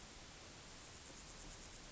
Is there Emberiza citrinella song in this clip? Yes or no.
no